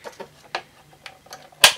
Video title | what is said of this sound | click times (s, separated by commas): Shark Rotator Powered Lift Away Canister Vacuum Cleaner Unboxing & First Look | be a nice click action, I expect. Click. | 1.6 s